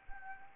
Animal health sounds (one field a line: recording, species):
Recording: mosquito wingbeat signal from an infrared sensor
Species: Anopheles arabiensis